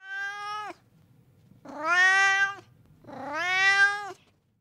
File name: cat